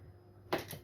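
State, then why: Released. A manual safety can opener on a food can lid is turned a full 360 degrees around the rim. A sharp click is heard at 0.5 s, with a softer follow-up sound at 0.7 s, and the cut lid is freed.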